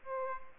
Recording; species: mosquito wingbeat signal from an infrared sensor; Aedes aegypti